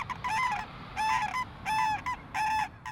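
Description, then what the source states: Sandhill Crane calls, loud rolling trumpeting notes repeated about every three quarters of a second. Two cranes during spring migration at a marsh in Alaska, tilting their red heads back and opening their beaks wide as they call.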